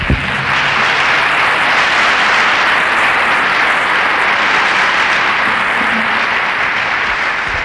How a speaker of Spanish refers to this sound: Y el mérito y el esfuerzo que hiciste por estar aquí merece un aplauso. Y ese aplauso quiero que te lo des.